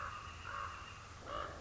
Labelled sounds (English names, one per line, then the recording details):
Common Raven
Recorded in Sonoma County, California